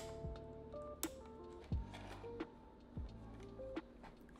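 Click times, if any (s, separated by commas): 1.0 s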